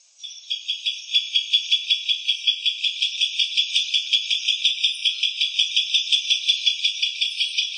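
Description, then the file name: Barn owl's rasping, breathy screech that begins softly, then runs on steadily with a regular throbbing pulse; nothing else audible. In Loreto in February 2010. "Loreto-Corr -Lech -de-campanario"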